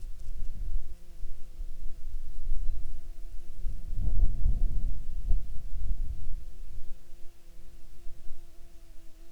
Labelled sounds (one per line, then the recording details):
wind
insects
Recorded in Ivvavik National Park, Yukon, on 23 June 2019 at 10:41
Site SINP10